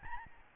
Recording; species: mosquito wingbeat signal from an infrared sensor; Aedes albopictus